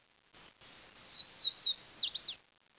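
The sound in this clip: Bird calling a run of eight high whistled slurs, mostly gently falling, ending in rapid sharply dropping notes, with no other clear sounds.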